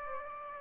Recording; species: mosquito wingbeat signal from an infrared sensor; Aedes aegypti